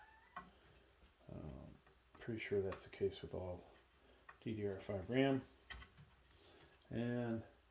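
A second DDR5 memory stick is handled at its motherboard DIMM slot while someone talks, with a short sharp tap near 0.4 s. The clip ends before the stick goes home, so nothing has seated or clicked yet.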